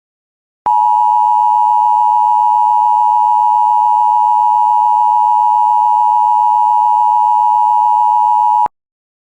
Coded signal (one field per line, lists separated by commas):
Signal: Emergency Alert System (SAME) tones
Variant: 853 and 960 Hz attention tone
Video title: SEVERE THUNDERSTORM WATCH FOR MY COUNTY!!! (EAS #141)